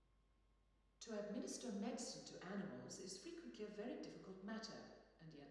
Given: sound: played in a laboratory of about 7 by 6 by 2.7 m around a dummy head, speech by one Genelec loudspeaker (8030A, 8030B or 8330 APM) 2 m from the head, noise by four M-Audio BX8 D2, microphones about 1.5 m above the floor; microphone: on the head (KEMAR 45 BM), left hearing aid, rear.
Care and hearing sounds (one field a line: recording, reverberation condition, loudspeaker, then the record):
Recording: female speech in English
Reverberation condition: high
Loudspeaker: 150 degrees to the left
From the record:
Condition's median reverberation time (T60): about 1300 ms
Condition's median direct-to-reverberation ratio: about -4.0 dB